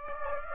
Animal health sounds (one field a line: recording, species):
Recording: mosquito wingbeat signal from an infrared sensor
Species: Aedes aegypti